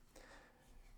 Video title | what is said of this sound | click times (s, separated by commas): My Favorite WE Knives of 2020! | you can roll it out and you hear that click | 0.2 s